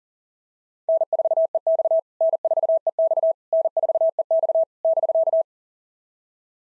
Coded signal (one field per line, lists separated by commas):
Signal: Morse code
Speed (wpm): 44 wpm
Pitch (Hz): 660 Hz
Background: none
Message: N4EX N4EX N4EX <BK>